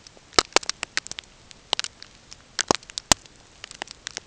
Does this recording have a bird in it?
no